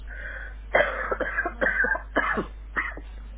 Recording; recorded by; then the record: voluntary cough; telephone call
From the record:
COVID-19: positive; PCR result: checked with the laboratory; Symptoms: yes